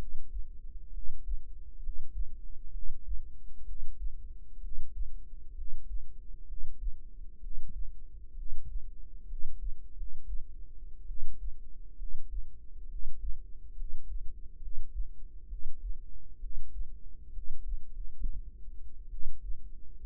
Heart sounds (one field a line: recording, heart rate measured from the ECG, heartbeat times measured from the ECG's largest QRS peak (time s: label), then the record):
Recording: heart sounds by microphone in the right ear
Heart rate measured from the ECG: 66 bpm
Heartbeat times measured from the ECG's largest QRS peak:
0.90 s: heartbeat
1.79 s: heartbeat
2.70 s: heartbeat
3.63 s: heartbeat
4.58 s: heartbeat
5.52 s: heartbeat
6.44 s: heartbeat
7.38 s: heartbeat
8.33 s: heartbeat
9.25 s: heartbeat
9.92 s: heartbeat
11.05 s: heartbeat
11.95 s: heartbeat
12.86 s: heartbeat
13.73 s: heartbeat
14.58 s: heartbeat
15.46 s: heartbeat
16.37 s: heartbeat
17.30 s: heartbeat
17.86 s: heartbeat
19.08 s: heartbeat
19.98 s: heartbeat
From the record:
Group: healthy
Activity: rest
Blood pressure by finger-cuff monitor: 107/68 mmHg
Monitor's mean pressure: 80 mmHg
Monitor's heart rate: 65 bpm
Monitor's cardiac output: 5.4 L/min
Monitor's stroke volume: 83 mL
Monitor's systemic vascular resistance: 1060 dyn s/cm5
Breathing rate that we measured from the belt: 15 breaths a minute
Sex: female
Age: 22 years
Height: 171 cm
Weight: 65.6 kg